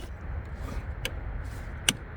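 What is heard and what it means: On a 2018–2023 Chevy Traverse, the battery fuse block is lined up over the positive battery post and pushed down so its plastic tabs snap into place. Over a low background rumble, two sharp clicks are heard at 1.1 s and 1.9 s, the second louder, as the fuse block seats solidly on the post.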